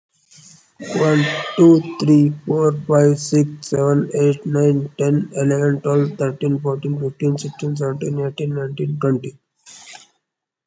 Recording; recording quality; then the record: counting at a normal pace; excellent, no background noise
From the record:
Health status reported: COVID-19 positive, mild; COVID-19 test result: positive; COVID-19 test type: RT-PCR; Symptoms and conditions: cough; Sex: male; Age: 33 years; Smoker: no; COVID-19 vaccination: one dose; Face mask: not worn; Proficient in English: yes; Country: India